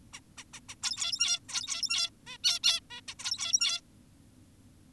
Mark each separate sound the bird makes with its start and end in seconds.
0.13-0.20, 0.38-0.44, 0.54-0.60, 0.69-0.75, 0.83-1.40, 1.49-2.10, 2.27-2.38, 2.44-2.60, 2.64-2.80, 2.90-3.01, 3.08-3.15, 3.20-3.81